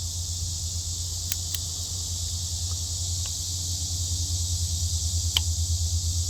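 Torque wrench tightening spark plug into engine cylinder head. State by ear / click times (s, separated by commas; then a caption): torque reached / 5.4 s. A preset torque wrench tightens a spark plug into the cylinder head of a Hyundai Elantra (Avante) AD Sport engine during a spark plug and ignition coil replacement. A steady low hum and high hiss run throughout, with a few faint ticks around 1.3 and 1.5 seconds. The wrench gives a sharp click at 5.4 seconds, confirming it has reached the target torque.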